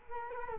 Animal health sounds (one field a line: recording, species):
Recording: mosquito wingbeat signal from an infrared sensor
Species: Culex quinquefasciatus